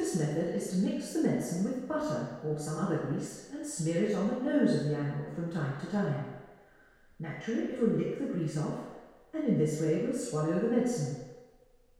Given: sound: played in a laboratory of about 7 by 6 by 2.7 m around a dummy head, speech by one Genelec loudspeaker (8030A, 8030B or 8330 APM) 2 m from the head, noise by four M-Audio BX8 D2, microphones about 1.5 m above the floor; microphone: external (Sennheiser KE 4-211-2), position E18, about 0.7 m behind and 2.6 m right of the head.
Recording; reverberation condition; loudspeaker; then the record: female speech in English; high; 90 degrees to the right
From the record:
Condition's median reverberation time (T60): about 1300 ms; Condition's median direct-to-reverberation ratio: about -4.0 dB